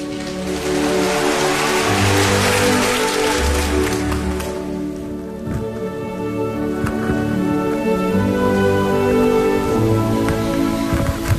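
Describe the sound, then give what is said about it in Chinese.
An audience applauds to welcome two performers for a New Year recitation of Wang Guozhen's poem 'Hello, New Year', in a dense, steady patter for about five seconds, then the clapping fades under soft sustained musical tones that carry on to the end. “他们将共同为大家朗诵的是汪国真的经典作品《新年你好》，大家掌声有请。”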